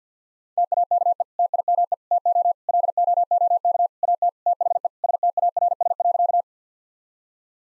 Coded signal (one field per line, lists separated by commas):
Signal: Morse code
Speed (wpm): 50 wpm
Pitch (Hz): 700 Hz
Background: none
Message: TAKE TIME TO LOOK AT THE STARS.